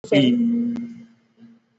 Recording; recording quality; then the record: sustained vowel as in beet; excellent, no background noise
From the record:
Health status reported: exposed to COVID-19, no respiratory illness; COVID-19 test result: not tested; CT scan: not taken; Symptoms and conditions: none ticked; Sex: male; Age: 31 years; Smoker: yes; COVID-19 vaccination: both doses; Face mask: worn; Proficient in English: yes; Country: India